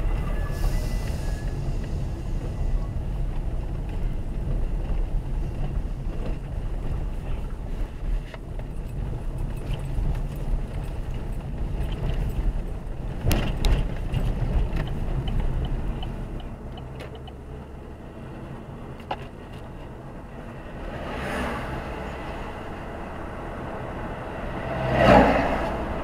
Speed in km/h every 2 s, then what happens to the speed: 22, 22, 20, 25, 28, 28, 30, 39, 47, 52, 61, 69, 75.
4-26 speeds up to 75.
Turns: none.